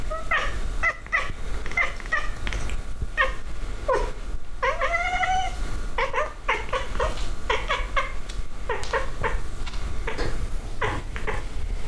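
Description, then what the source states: Cat chattering calls: rapid series of short clipped chirps, with one drawn-out wavering meow near the middle, over a constant low rumble. Cat hunting.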